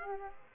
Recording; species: mosquito wingbeat signal from an infrared sensor; Aedes aegypti